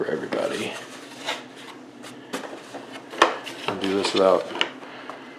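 A marked plastic part is handled and fitted toward the body of a large 34-inch McFarlane plastic Batwing collectible vehicle model, with rubbing and scraping plastic sounds while someone talks. Sharp hits are heard at 3.2 and 3.7 seconds, and a faint tap at 5.1 seconds. Nothing has seated or clicked yet.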